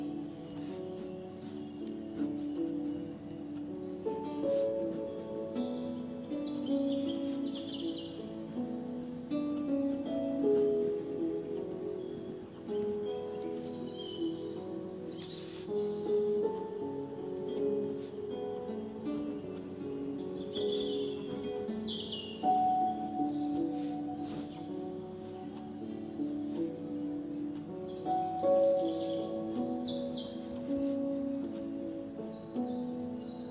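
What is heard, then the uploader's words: Gentle piano notes play steadily through the clip while bright bird chirps and tweets come and go above, strongest around 5, 15–22 and 28 seconds. Piano edition with rain first then forest sounds.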